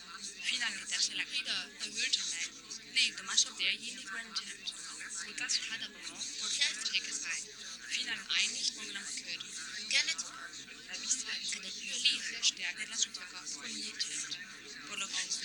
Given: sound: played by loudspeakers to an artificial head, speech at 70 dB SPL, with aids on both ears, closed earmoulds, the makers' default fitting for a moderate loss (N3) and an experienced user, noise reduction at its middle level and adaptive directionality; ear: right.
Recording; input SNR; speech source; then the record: speech test signal (ISTS) in cocktail-party noise; -6 dB; on the right (90 degrees)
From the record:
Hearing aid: class 1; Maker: J